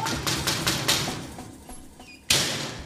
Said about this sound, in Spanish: Bueno, ya están llamando a la puerta. ¿Será nuestro invitado?